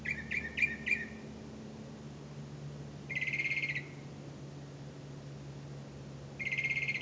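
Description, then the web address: Bird calls: a rapid run of four clipped notes, then two longer steady buzzy tones separated by a pause, with a low hum underneath. "misc bird"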